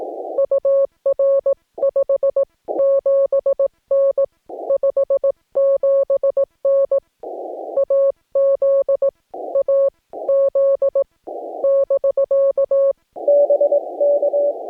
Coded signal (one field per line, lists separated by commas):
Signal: Morse code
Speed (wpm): 18 wpm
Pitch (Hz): 560 Hz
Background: none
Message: UR 57N 57N AZ AZ <BK> BK